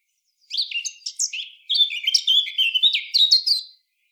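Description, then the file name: Eurasian blackcap song: a fast, scratchy warble of varied chirps and slurred notes lasting about three seconds. "Sylvia atricapilla"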